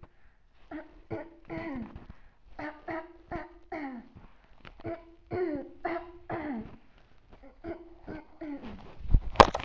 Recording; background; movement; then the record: throat clearing; quiet; sitting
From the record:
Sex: female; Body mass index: 18.8 kg/m2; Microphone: on the chest, facing outward